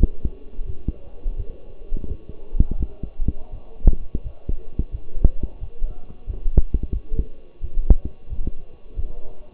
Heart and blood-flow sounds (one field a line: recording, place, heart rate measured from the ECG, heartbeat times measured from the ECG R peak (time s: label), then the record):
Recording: heart sounds by stethoscope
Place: between the tricuspid and mitral areas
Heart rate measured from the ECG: 87 bpm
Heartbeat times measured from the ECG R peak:
0.66 s: heartbeat
1.36 s: heartbeat
2.08 s: heartbeat
2.77 s: heartbeat
3.51 s: heartbeat
4.23 s: heartbeat
4.91 s: heartbeat
5.59 s: heartbeat
6.26 s: heartbeat
6.93 s: heartbeat
7.61 s: heartbeat
8.29 s: heartbeat
8.96 s: heartbeat
From the record:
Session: walking at 3.7 km/h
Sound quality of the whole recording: partially saturated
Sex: male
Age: 24 years